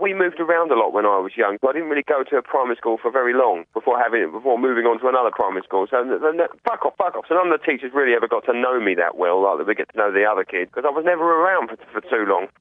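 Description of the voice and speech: Fluent adult male speech about his school years, broken by an abrupt, out-of-context "fuck off", an involuntary vocal tic of Tourette syndrome in a UK father of three who swears uncontrollably.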